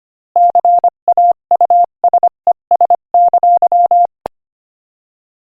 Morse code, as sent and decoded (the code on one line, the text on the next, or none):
-.-. .- ..- ... . ... -.-.--
CAUSES!